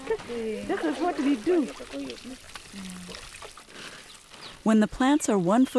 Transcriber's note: laughter; sound of water being poured